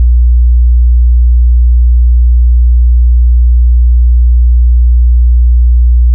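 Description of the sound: A steady, very low-pitched pure tone hums without change for about six seconds, with no other sound. It is a generated test tone for tinnitus determination, used to match the pitch of a person's tinnitus.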